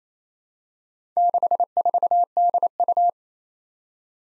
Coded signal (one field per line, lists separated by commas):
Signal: Morse code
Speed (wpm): 29 wpm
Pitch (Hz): 700 Hz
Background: none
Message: 64DU